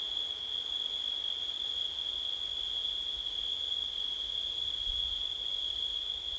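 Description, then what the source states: Crickets keep up an even, high-pitched ringing drone without pause, over soft low wind noise. Crickets on a windy September night.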